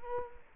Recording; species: mosquito wingbeat signal from an infrared sensor; Culex quinquefasciatus